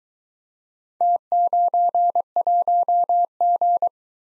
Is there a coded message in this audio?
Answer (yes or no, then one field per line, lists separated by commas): yes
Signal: Morse code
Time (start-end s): 1.0-3.9 s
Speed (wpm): 24 wpm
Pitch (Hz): 700 Hz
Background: none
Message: T91G